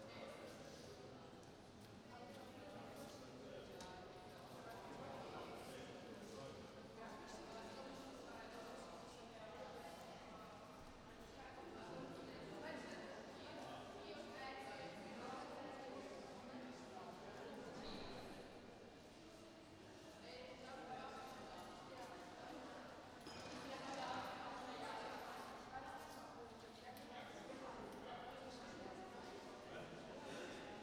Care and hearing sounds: everyday scene through a hearing-aid microphone; reverberant space; background noise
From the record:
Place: railway station hall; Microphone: in the ear canal, right

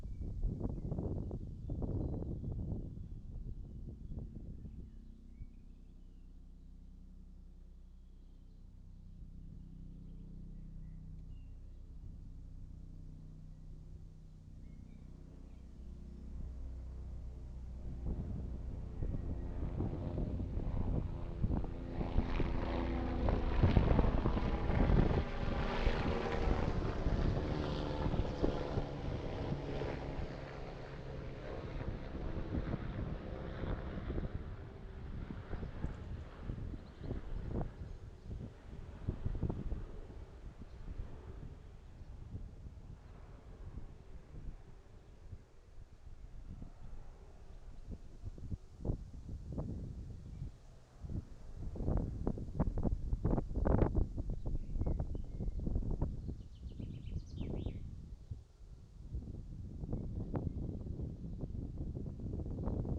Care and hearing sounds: everyday scene through a hearing-aid microphone; wind on the microphone; wind, low-flying plane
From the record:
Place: in front of a rural house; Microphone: in the ear canal, right

